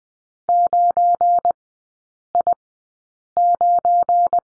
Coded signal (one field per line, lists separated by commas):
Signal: Morse code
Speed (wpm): 20 wpm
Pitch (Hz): 700 Hz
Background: none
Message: 9I9